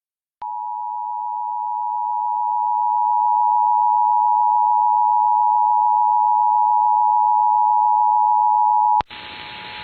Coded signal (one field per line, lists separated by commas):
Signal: Emergency Alert System (SAME) tones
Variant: 853 and 960 Hz attention tone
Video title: Los Angeles Required Monthly Test on KIIS-FM Los Angeles, CA (102.7 KIIS-FM) (10/25/22) (EAS #54)